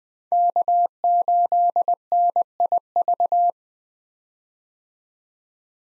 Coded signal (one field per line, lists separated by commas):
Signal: Morse code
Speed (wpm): 20 wpm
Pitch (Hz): 700 Hz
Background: none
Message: K8NIV